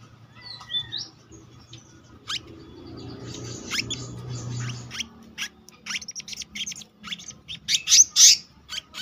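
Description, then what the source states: Selendang biru song: scattered sharp high chirps that grow louder and denser toward the end, with a low background hum. Continuous rolling song style (gacor ngeroll) with fill-in phrases (isian).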